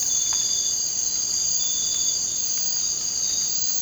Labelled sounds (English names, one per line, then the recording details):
none
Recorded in secondary vegetation near Puerto Asís, Putumayo, Colombia, on 19 March 2025 at 00:30
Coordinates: 0.484, -76.319
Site G010